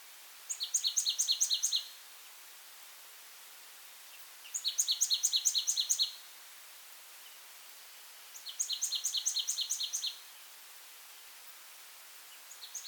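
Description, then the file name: Marsh tit calling, quick series of high sharp chipping notes, about ten per burst, repeated roughly every four seconds over a steady soft hiss. "Poecile palustris"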